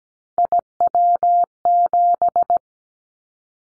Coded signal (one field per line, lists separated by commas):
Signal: Morse code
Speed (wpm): 17 wpm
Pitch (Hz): 700 Hz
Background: none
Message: IW7